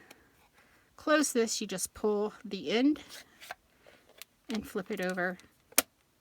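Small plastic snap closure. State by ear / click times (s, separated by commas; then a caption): seated / 5.8 s. Someone talks while closing a plastic clear-stamp storage case by pulling the end and flipping it over. The closure snaps shut with a sharp click at 5.8 s and locks in place.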